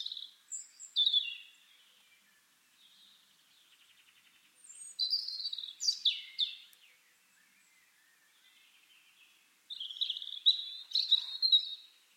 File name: Erithacus rubecula